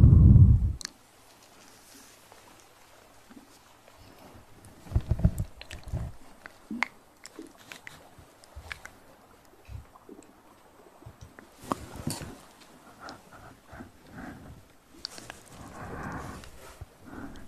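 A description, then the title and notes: Hand and mouth sounds: scattered wet clicks, smacks and chewing-like bursts, with a loud low thump at the start and busier clusters around 5 and 16 seconds. Hand Sounds & Mouth Sounds.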